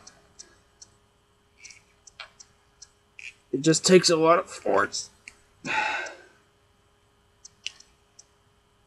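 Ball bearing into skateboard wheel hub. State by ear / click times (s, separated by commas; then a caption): seated / 7.7 s. A ball bearing is pushed by thumb with a lot of force into the hub of a polyurethane skateboard wheel. Faint ticks and clicks sound while someone talks, then a sharp click comes at 7.7 s as the bearing seats properly in the wheel.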